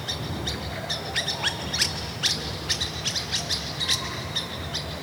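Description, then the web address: Birds giving high chirps in loose overlapping series, against a steady low hum. Recorded at a kasbah in Tiznit, part of an oasis soundscape series. "son resonances oasiennes 29 tiznit 13 kasbah oiseaux"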